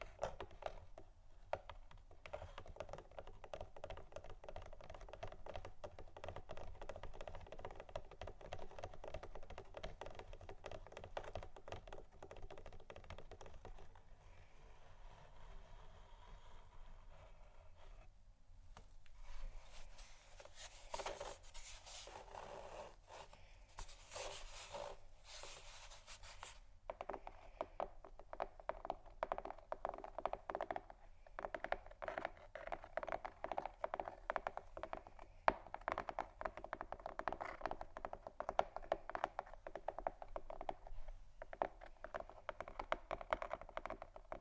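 Cardboard boxes are scratched and tapped in a dense, continuous run of quick clicks and scrapes throughout. Around 19 to 27 seconds the scratching turns brighter and hissier in bursts, and after about 28 seconds the tapping grows louder and fuller, with sharp peaks near 36 seconds.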